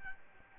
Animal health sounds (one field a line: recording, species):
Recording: mosquito wingbeat signal from an infrared sensor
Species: Aedes albopictus